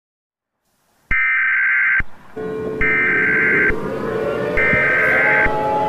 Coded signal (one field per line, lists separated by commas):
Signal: Emergency Alert System (SAME) tones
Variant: header bursts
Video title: EAS mini scenario The Exploding Sun